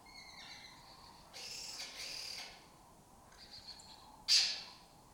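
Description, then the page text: Lesser kestrel calls: a few scratchy, grating notes, then a sharp loud rasping call near the end, with faint higher chatter behind. Breeding colony occupying an abandoned building or house complex in Doñana, southern Europe; migratory, foraging in West Africa and breeding in southern Europe. "Lesser Kestrels Took Over an Abandoned Building. Here in Doñana"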